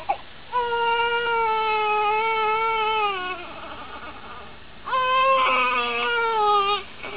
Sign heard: Ambient baby cry.